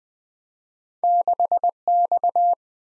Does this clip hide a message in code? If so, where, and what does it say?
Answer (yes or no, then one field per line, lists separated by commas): yes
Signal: Morse code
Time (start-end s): 1.0-2.5 s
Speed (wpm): 19 wpm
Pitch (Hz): 700 Hz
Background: none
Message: 6X